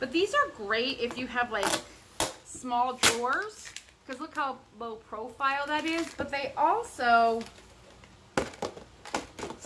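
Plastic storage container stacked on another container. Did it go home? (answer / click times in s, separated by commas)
yes / 8.4 s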